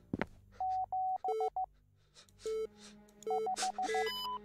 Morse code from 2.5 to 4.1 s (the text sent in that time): 5